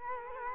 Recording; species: mosquito wingbeat signal from an infrared sensor; Culex quinquefasciatus